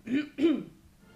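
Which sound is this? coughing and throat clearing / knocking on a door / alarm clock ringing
coughing and throat clearing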